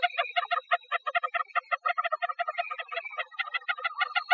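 Lesser nighthawk trill, a long steady run of rapid purring pulses with stacked tones, continuing throughout without pause.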